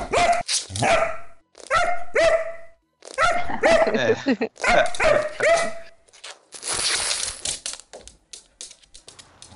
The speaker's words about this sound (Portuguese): Não, a gente tem cachorro no nosso podcast, né